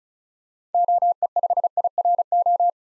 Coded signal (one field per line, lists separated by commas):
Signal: Morse code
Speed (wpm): 36 wpm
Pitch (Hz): 700 Hz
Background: none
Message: OE5IRO